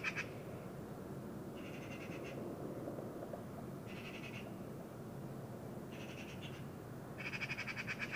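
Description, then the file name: Eurasian magpie chattering in harsh rattling bursts, five separate runs, the first cut off at the start, over a steady low rumble of background noise. "Pica pica"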